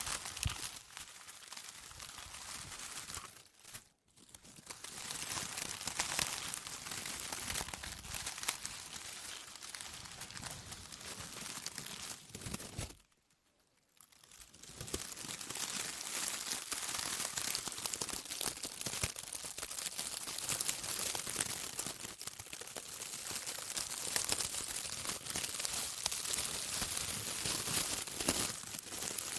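Dense ear crinkles crackle and scratch almost without pause, a bright, busy rustle full of tiny clicks. The sound cuts out briefly twice, just before 4 seconds and around 13 to 14 seconds, then resumes just as thick and steady to the end.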